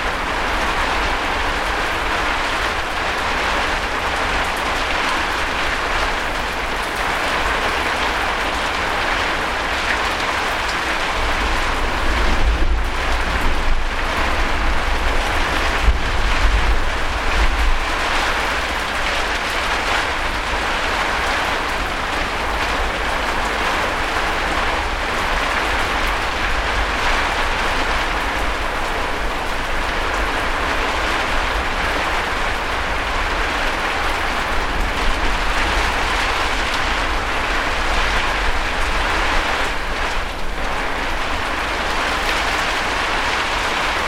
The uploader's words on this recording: Storm recorded from my shed. Somercotes, Derbyshire.